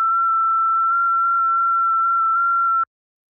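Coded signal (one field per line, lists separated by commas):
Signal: FT8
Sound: a single steady whistle-like tone near 1.3 kHz with faint rapid ticks, then cuts off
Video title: Decent Conditions Across Both Ponds On 20m FT8...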